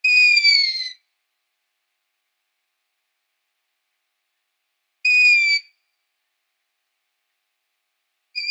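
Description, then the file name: Long-eared owl call: a high, squeaky whistle that falls slightly, up to about a second long, repeated a few times with long silent gaps. "Waldohreule"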